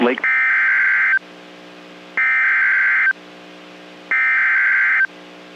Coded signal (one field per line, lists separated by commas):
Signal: Emergency Alert System (SAME) tones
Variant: header bursts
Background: speech